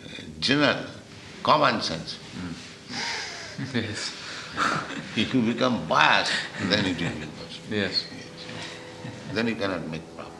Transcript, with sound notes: general, common sense.
Yes. [laughs]
If you become biased, then it will be impossible.
Yes.
Yes. Then you cannot make progress.